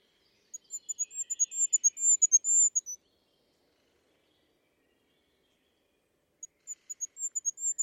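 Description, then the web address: Bird calls: a rapid run of very high, thin notes, then silence, then the same quick high series starting again. "cianscape. Deverinetal 2025. Bird Only"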